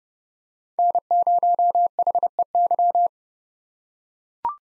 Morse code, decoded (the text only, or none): N0HEY